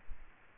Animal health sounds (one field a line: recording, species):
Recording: mosquito wingbeat signal from an infrared sensor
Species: Culex quinquefasciatus